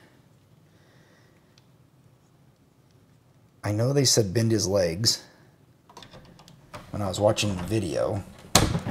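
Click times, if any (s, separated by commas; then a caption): 8.6 s. A plastic GI Joe Retro action figure is pressed into the cockpit of a HasLab Skystriker toy jet after several failed tries with its legs bent. Someone talks while small plastic handling clicks and rattles are heard. The figure finally snaps into the cockpit with a loud, sharp snap at 8.6 s.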